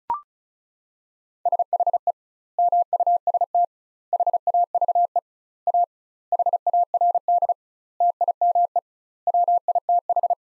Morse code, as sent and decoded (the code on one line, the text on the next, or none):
... .... . / -- ..- ... - / .... .- ...- . / .- / .... .- .-. -.. / - .. -- . / .-- .. - ....
SHE MUST HAVE A HARD TIME WITH